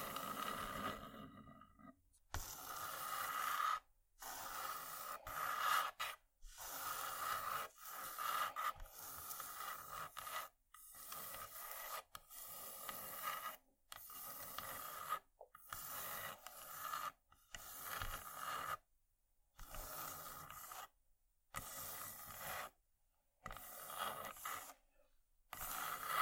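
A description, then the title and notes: Wooden ASMR triggers: rough scraping and rasping strokes on wood, coming in short bursts of one to three seconds. Each burst is broken by a brief moment of complete silence, in an uneven rhythm. The scratchy sound is bright and hissy, with a steady middle tone underneath. ASMR Wooden Triggers 1hour（No Talking）.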